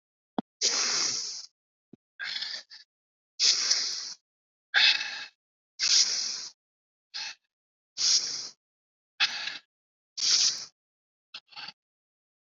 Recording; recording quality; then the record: deep breathing; excellent, no background noise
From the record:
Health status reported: COVID-19 positive, no symptoms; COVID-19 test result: positive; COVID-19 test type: RT-PCR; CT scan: not taken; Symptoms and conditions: none ticked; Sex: male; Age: 38 years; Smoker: no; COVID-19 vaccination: both doses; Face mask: worn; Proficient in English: no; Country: India